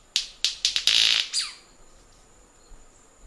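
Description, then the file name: White-bearded manakin gives several loud snaps that speed into a brief, rapid firecracker-like roll, then a final snap and silence. Song; known locally in Portuguese as rendeira. "Canto da rendeira"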